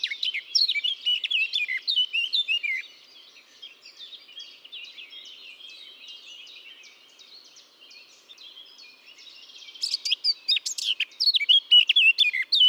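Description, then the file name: Eurasian blackcap song: a loud fast warble, a long stretch of faint scratchy twittering, then another loud, bright burst of tumbling fluty notes. "Sylvia atricapilla"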